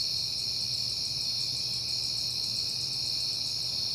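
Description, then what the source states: Crickets in a steady chirping chorus, a constant high trill with faster pulsing chirps above it, over a faint low hum. Crickets recorded on a peaceful night in September.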